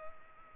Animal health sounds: mosquito wingbeat signal from an infrared sensor; Culex pipiens

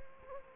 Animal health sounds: mosquito wingbeat signal from an infrared sensor; Culex quinquefasciatus

